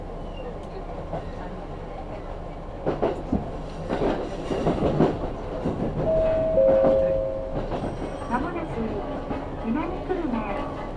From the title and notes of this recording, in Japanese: 久大本線 田主丸→久留米。田主丸から久留米まではずっと久留米市内を走ります。